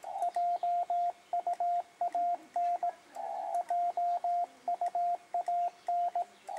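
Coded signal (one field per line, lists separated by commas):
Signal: Morse code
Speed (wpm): 18 wpm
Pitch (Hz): 700 Hz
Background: radio noise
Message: JUAN JUAN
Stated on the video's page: CW QSO on a Yaesu FT-897D running internal batteries with a solar panel, 2.4 m Clansman military whip antenna.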